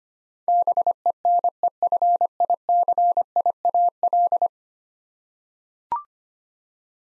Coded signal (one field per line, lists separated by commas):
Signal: Morse code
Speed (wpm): 25 wpm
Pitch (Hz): 700 Hz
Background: none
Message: BENEFICIAL